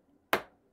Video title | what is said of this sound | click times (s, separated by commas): Ryzen 9 7900X Install, Pure Loop 2 FX, Pure Base 500 FX Build Guide | you'll hear a click | 0.3 s